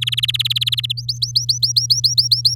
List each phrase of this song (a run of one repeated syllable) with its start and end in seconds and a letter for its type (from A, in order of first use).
0.01-0.93 A, 0.97-2.55 B